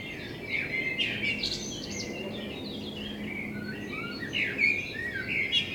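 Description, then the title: Common blackbird song, whistled phrases with twittering high notes, over steady low noise. Blackbird in front of the recordist's window; binaural recording with a self-built dummy head, intended for headphone listening. "Kunstkopfaufnahme der Amsel vor meinem Fenster"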